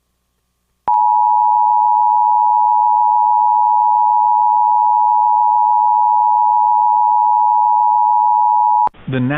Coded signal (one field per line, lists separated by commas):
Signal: Emergency Alert System (SAME) tones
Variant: 853 and 960 Hz attention tone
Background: speech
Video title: EAS Reenactment Mock: DeSoto County Dam Failure